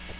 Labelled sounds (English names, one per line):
Magnolia Warbler flight call